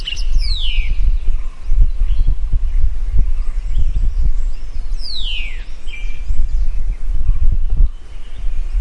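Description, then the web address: White-browed Wagtail calls: two thin, high whistles sliding steeply downward, about five seconds apart, over a constant low rumbling background. "white browed wagtail wagtail bird call sound effect"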